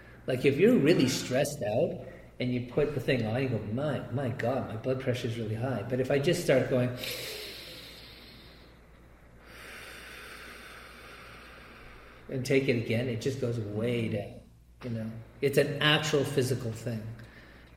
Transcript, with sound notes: Like, if you're really stressed out and you put the thing on, you go, "My, my God, my blood pressure's really high." But if I just start going (breathes deeply) , and take it again, it just goes way down. You know? It's an actual physical thing.